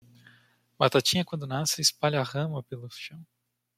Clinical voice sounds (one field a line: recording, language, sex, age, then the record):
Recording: short text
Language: Brazilian Portuguese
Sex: male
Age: 20 to 29 years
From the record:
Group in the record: control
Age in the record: 26 years